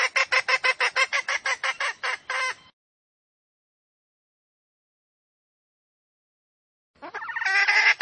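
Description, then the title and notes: Junglefowl calls: a fast series of harsh clucks for over two seconds, a long silence, then a raspy burst of calling. Female junglefowl; used as a lure to attract wild junglefowl. "Pancingan Ayam Hutan Betina. Suara Ayam Hutan Betina. Pemikat Ayam Hutan"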